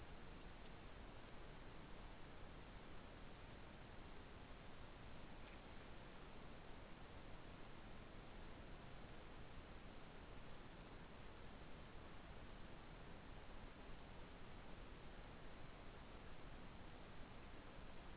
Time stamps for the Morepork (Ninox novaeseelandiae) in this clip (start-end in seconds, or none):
none